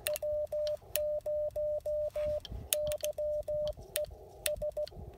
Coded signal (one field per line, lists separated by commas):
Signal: Morse code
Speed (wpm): 17 wpm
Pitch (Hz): 590 Hz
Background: radio noise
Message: W0YE S